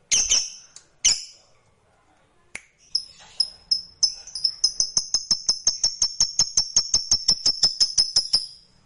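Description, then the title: Lovebird chatter: a few harsh high bursts, then a fast run of sharp ticking notes that speeds up and stays steady at a high pitch. Lovebird sound used to stimulate lovebirds. "Suara Lovebird"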